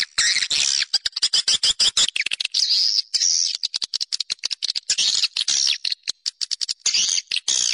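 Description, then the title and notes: Swiftlet chirping calls, dense high twittering in fast bursts broken by brief gaps. Swiftlet sound used in swiftlet farming in Asia. "Swiflet Bird Sound. Farming Swiflet Bird asia sound"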